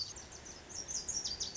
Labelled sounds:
Lazuli Bunting
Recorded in Sonoma County, California

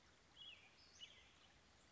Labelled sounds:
Western Flycatcher
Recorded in Sonoma County, California

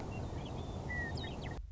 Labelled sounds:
Western Meadowlark
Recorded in Sonoma County, California

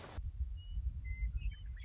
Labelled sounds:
Western Meadowlark
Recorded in Sonoma County, California

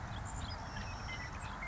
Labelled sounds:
Savannah Sparrow
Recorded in Sonoma County, California

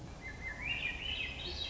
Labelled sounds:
Swainson's Thrush
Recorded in Sonoma County, California

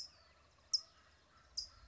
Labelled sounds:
California Towhee
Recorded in Sonoma County, California

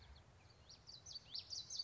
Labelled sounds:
Common Yellowthroat
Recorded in Sonoma County, California

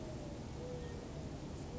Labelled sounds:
Mourning Dove
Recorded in Sonoma County, California

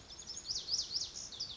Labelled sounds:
Lazuli Bunting
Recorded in Sonoma County, California

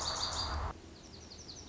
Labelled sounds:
Lazuli Bunting
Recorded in Sonoma County, California

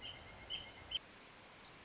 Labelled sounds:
Pileated Woodpecker
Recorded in Sonoma County, California

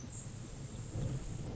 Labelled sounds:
Grasshopper Sparrow
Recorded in Sonoma County, California

